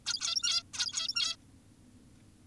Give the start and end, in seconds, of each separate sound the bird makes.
0.06-0.63, 0.74-1.36